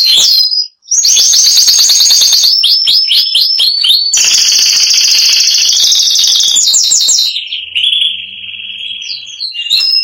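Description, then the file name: Canary song of varied fast trills and repeated swooping notes, almost continuous, then a steady lower whistled roll. "canto do canario giboso espanhol"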